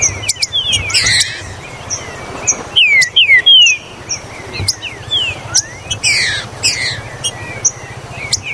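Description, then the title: Green-winged saltator song: loud, clear whistled notes sliding downward, given in short bursts, among high chirps and sharp clicks. "Trinca Ferro"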